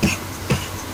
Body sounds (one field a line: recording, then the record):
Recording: coughing mixed with background sound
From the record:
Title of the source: Dry Coughing Fit in the Afternoon.